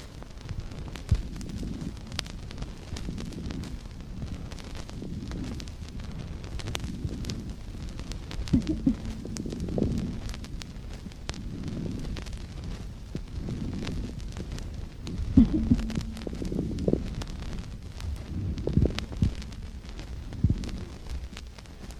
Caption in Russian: Влажные хрипы обуславливаются скоплением жидкого секрета в бронхах или патологических полостях легких. Мелкопузырчатые хрипы.